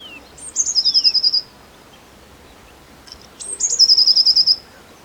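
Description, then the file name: Eurasian blue tit calling twice, each phrase a high thin note dropping into a rapid rattling trill; a brief lower sliding whistle precedes the first. "Cyanistes caeruleus"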